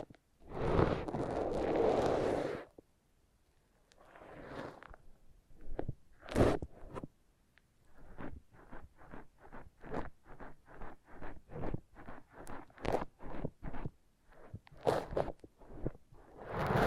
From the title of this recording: Foam Massage